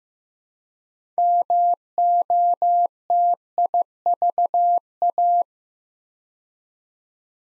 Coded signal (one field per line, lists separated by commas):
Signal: Morse code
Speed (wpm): 15 wpm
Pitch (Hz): 700 Hz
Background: none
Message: MOTIVA